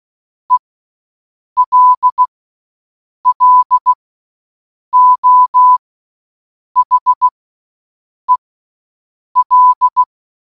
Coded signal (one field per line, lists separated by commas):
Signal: Morse code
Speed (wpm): 16 wpm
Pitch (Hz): 1000 Hz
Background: none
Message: ELLO HEL